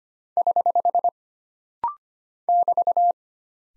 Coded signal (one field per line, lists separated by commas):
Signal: Morse code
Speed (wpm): 25 wpm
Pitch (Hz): 700 Hz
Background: none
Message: <HH> <BT>